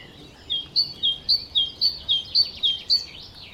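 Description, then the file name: Great tit repeating a sharp two-note call, high note then slightly lower, several times in quick rhythm over faint background hiss. "Parus major"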